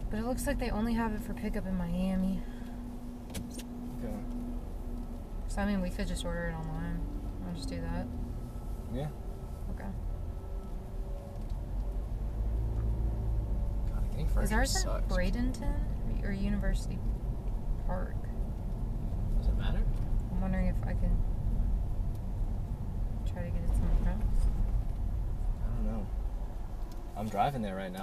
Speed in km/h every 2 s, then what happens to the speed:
8, 5, 6, 6, 10, 10, 15, 19, 21, 21, 19, 16, 11, 5.
3-15 speeds up to 21. 19-28 slows to 5.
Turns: 4-12.